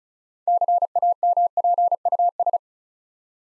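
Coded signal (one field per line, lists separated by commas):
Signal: Morse code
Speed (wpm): 36 wpm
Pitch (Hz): 700 Hz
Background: none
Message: CAMPUS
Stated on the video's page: Morse practice drill building 6-letter words two letters at a time at 35 wpm, for instant character recognition.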